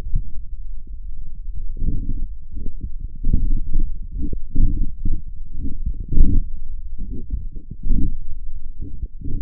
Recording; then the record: forearm muscle sounds (acoustic myography)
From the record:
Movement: forearm supination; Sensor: system 1, eight BSWA MPA416 microphones around the upper forearm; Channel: 8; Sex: male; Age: 42 years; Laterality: right